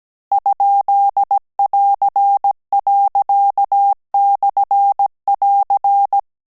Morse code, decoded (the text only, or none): ?<AR>./<AR>